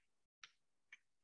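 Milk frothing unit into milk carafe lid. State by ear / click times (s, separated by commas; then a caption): not seated / none. The cleaned milk frothing unit of a coffee machine's milk carafe is handled as it is inserted back into the carafe lid, producing two short, sharp clacks at about 0.4 and 0.9 s after a brief silent gap. The clip ends before the part is pushed home, so nothing has seated or clicked into place yet.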